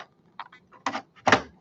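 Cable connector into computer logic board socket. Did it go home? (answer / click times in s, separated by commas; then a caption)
no / none. A cable connector is handled during reassembly of a Macintosh LC, being pushed toward its socket on the computer's logic board. Short knocks and rattles of plastic handling rise to louder bursts near 0.9 s and 1.3 s. Nothing has seated or clicked yet.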